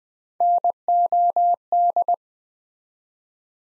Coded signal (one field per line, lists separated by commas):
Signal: Morse code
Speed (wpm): 20 wpm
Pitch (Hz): 700 Hz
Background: none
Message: NOD